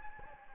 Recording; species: mosquito wingbeat signal from an infrared sensor; Anopheles gambiae